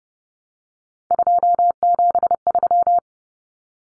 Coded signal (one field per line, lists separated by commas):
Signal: Morse code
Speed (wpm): 30 wpm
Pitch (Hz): 700 Hz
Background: none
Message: 273